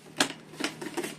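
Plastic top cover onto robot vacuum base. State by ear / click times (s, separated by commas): not seated / none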